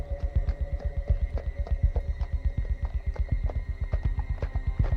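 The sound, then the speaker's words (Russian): Horse hooves clop in a quick, steady rhythm of sharp, hollow knocks as a rider on horseback comes to a stop on a riverbank, with a low steady hum underneath and no voices. “Чуть дальше на берегу останавливается всадник.”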